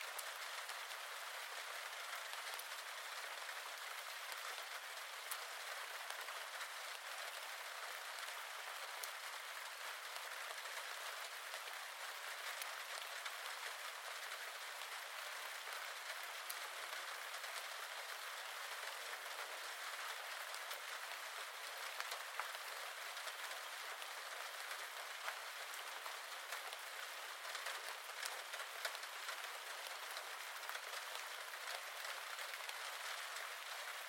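Gentle rain patters on a rooftop in a steady, dense hiss that barely changes for the whole stretch. The sound is bright and thin, with no low rumble, and tiny individual drop taps flick through the even wash now and then.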